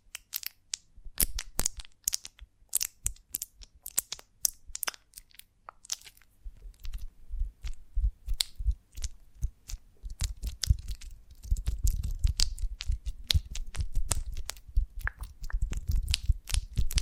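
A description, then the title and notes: Honeycomb on a branch being handled and broken, with dense, irregular crunching and crackling throughout. Sharp bright snaps come thick in the first half, then give way to heavier, lower crunches from about ten seconds on, packed closely together. ASMR of a Honeycomb on Branch (No Talking).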